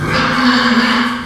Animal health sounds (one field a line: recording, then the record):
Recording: squeal of a Yucatan mini pig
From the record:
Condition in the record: after surgery on the right vocal fold (resection and tissue-engineered implant)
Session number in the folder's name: 15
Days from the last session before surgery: 175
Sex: female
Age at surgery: 19 weeks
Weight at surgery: 25 kg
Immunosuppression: prednisolone